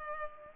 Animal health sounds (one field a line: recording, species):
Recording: mosquito wingbeat signal from an infrared sensor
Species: Culex pipiens